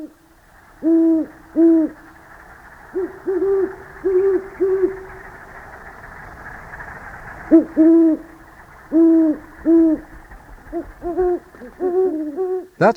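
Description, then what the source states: Great horned owls hooting, deep soft hoots in short paired and stuttered series, two birds at slightly different pitches answering each other, a sharp sound cutting in at the end. Female and male calling.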